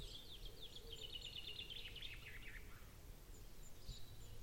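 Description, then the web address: Bird song: a high, rapid trill rattles for over two seconds, then drops lower and fades. A few thin chirps follow, over a low background rumble. "Bird Only"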